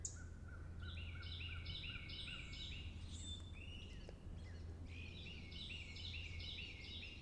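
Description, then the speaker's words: Carolina Wren song: rolling series of repeated two-part notes in two bursts, with other bird calls and a low helicopter drone beneath. Male singing loudly on an April spring morning in woods beside swampy water; helicopter flying overhead. "there's a Carolina wren belting his heart out right now."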